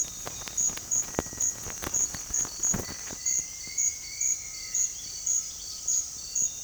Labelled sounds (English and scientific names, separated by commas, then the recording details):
White-throated Tinamou (Tinamus guttatus), Citron-bellied Attila (Attila citriniventris)
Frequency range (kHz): White-throated Tinamou (Tinamus guttatus) 1.5-2.5 kHz; Citron-bellied Attila (Attila citriniventris) 1.3-2.9 kHz
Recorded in secondary vegetation near Puerto Asís, Putumayo, Colombia, on 20 February 2024 at 07:30
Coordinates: 0.481, -76.323
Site G6376